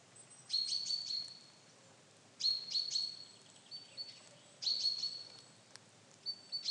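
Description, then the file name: Common chaffinch calls in repeated bursts of quick, sharp high notes with a sustained piping tone, roughly every two seconds, plus softer isolated notes between bouts. "Fringilla coelebs"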